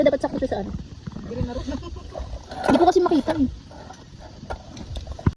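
A metal gas canister is pushed and twisted onto a camping stove connector while people talk, with a few short, sharp knocks near the end around 4.8–5.3 seconds. It is not aligned and was done wrong, so gas hisses out and the fitting must be redone. Nothing has seated or clicked yet.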